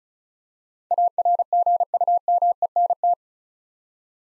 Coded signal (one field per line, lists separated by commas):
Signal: Morse code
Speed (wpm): 36 wpm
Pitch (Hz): 700 Hz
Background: none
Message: ARGUMENT